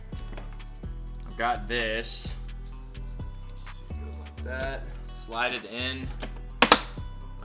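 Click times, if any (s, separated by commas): 6.6 s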